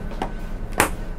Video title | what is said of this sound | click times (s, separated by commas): Ngopi Dan Ngeteh Sepuasnya Didalam Armada Bus Pariwisata PO INDS 88 TRANS - Jetbus5 SHD : HINO RM280 | Nah, sampai bunyi ceklek kayak tadi, teman-teman. | 0.8 s